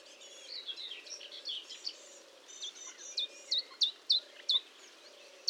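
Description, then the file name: Marsh warbler song, softer at first with jumbled twittering, then several clear, sharply upslurred notes repeated at short intervals. Recorded at Fourneau, Fontaine-Française, France, on 1 June 2022 at 10:55, using a Nagra recorder with a Telinga dish. "Rousserolle verderolle 20220601 1055 Fontaine-Francaise-Fourneau-Nagra-Telinga"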